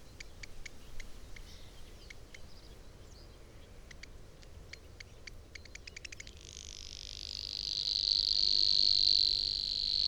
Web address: chant didier collin locustelle luscinioide